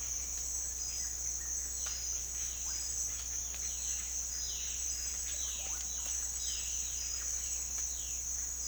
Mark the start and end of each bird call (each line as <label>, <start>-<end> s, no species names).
bird call, 1.79-8.67 s